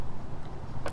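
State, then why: Seated. A drill bit is pushed into the loosened collet of a rotary tool, before the nut is tightened with groove joint pliers. Over a steady low background rumble, a short, sharp click is heard at 0.9 s as the bit snaps into place and is seated.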